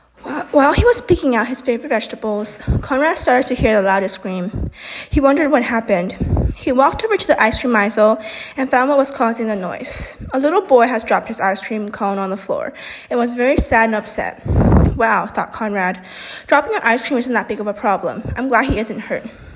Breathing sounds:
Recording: reading aloud after running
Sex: female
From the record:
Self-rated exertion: moderate exertion (3 of 6)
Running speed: 5 miles an hour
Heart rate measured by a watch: 168 beats a minute at the start, 166 at the end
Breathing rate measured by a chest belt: 23 breaths a minute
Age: 18 years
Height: 171 cm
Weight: 75 kg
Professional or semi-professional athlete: no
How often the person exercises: 1 to 2 times a week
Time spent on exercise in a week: under 1 hour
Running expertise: no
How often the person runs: 1 to 2 times a week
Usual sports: running, fencing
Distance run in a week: 3 km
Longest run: 21.3 km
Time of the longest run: 190 minutes

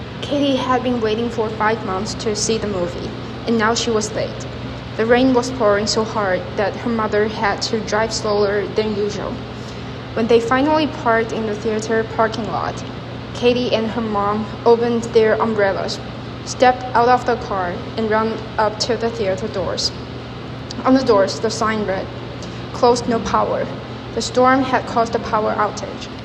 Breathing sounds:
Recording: reading aloud after running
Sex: female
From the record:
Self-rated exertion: light exertion (2 of 6)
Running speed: 6 miles an hour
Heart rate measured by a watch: 138 beats a minute at the start, 134 at the end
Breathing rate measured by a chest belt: 12 breaths a minute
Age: 24 years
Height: 163 cm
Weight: 52 kg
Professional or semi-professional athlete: no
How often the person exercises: 1 to 2 times a week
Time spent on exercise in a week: under 1 hour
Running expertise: no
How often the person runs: 1 to 2 times a week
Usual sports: interval training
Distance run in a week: 5 km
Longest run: 3 km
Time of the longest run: 30 minutes

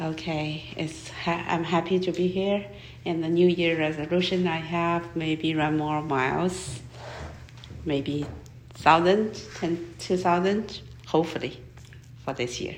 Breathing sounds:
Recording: free speech after running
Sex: female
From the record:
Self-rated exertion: light exertion (2 of 6)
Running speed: 5 miles an hour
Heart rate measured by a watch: 81 beats a minute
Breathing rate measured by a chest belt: 17 breaths a minute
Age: 56 years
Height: 158 cm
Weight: 68 kg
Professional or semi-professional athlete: no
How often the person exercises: 3 to 5 times a week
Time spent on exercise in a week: 2 to 3 hours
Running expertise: no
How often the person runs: 3 to 5 times a week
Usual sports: running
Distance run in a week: 30 km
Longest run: 42 km

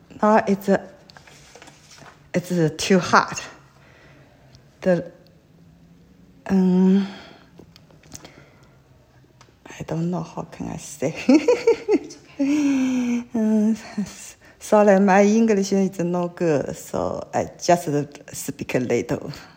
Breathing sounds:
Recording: free speech after running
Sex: female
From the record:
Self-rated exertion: moderate exertion (3 of 6)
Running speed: 7 miles an hour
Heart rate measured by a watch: 98 beats a minute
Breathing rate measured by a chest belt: 14 breaths a minute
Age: 58 years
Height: 160 cm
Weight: 52 kg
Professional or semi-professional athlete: no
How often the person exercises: over 5 times a week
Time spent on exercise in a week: over 5 hours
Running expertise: no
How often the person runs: 3 to 5 times a week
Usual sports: running, swimming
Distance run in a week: 30 miles

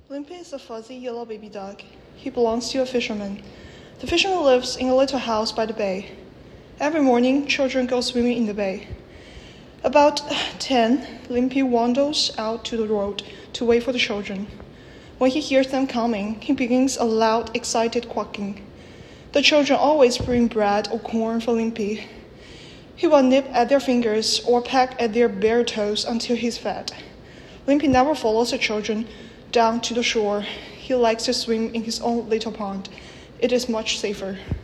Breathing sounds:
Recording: reading aloud after running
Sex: female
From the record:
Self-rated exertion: light exertion (2 of 6)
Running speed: 6 miles an hour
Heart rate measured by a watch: 154 beats a minute at the start, 149 at the end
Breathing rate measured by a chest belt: 21 breaths a minute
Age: 23 years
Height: 161 cm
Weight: 62 kg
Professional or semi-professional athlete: no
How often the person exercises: 1 to 2 times a week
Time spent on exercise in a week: 1 to 2 hours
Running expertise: no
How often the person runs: under once a week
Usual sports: cycling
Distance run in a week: 3 km

